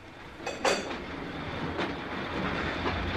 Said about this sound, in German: Planmäßig muss der Zug jetzt auf den Bahnhof von Carlisle einfahren. Neue Post und noch mehr Geld werden eingeladen.